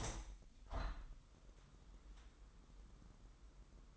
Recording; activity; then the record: daily activity, microphone in the room; open window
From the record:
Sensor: 3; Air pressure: 998.5 hPa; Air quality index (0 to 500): 148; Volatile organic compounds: 5 ppm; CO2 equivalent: 1779 ppm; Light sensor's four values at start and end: 10/25/10/11 and 11/25/11/11